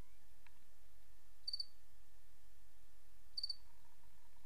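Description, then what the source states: Cricket making two short pulsed chirps nearly two seconds apart, with a brief click early on and steady background hiss. 28 August 2007; white-noise crickets.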